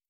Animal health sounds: hydrophone in a shrimp aquaculture tank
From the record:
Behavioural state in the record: starved

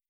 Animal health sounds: hydrophone in a shrimp aquaculture tank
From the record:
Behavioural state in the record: starved

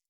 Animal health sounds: hydrophone in a shrimp aquaculture tank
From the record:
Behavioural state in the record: stressed

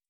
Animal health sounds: hydrophone in a shrimp aquaculture tank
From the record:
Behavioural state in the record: starved

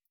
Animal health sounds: hydrophone in a shrimp aquaculture tank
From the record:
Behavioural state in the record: feeding

